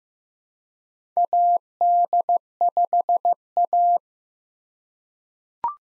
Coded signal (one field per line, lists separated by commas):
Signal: Morse code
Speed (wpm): 15 wpm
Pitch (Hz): 700 Hz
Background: none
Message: AD5A